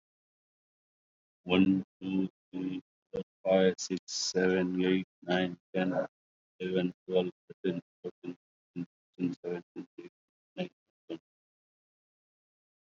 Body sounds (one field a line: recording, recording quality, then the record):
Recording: counting at a normal pace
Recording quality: excellent, no background noise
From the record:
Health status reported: COVID-19 positive, no symptoms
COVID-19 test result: positive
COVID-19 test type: RT-PCR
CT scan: not taken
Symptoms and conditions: ischaemic heart disease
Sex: male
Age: 45 years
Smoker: yes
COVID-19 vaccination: one dose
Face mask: worn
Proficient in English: no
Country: India